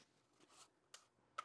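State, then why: Not seated. A pistol is handled at a molded leather holster that locks it in at the trigger guard, with soft rubbing and brushing sounds followed by two sharp ticks at about 0.9 and 1.4 seconds. The clip ends before the pistol goes home, so nothing has seated or locked in yet.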